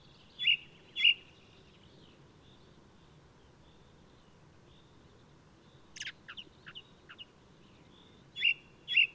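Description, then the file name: Ring ouzel song in pairs of bright piped notes framing a short, quiet, chattering twitter. Singing male of the alpine subspecies alpestris, recorded 22 May 2018 at Důl Bílého Labe in the Krkonoše mountains, Czech Republic. "180522 BIO rouz-alpestris-1-M-S cz dul-bileho-labe"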